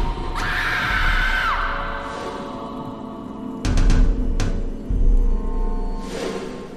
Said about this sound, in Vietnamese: Trúc hét lên kinh hoàng, tiếng hét như xé toạc màn đêm,